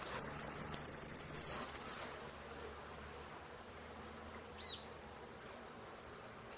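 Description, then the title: Saffron finch song: a rapid, high, buzzy trill and two slurred notes, followed by scattered thin high ticks. "Jilguero Argentino"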